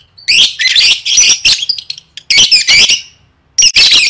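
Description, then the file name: Lovebird calls: shrill, scratchy chirps in rapid groups, a short pause, then a final loud burst. "tieng vet mau don"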